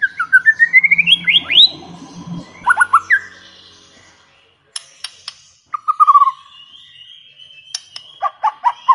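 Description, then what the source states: White-rumped shama song: varied whistled phrases, a rising run of notes, then sharp clicks and fluttering descending whistles, with a faint low hum early on. Lure sound of a chatty singing shama, meant to make another bird respond and sing.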